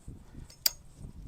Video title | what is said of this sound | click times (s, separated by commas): Ford Focus mk3 engine service ( Diesel ) Easy job?! | you want to hear that click that's nice and tight | 0.7 s